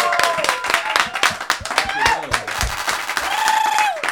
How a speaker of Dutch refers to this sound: Ja, dames en heren, een applaus voor Sint-Pater.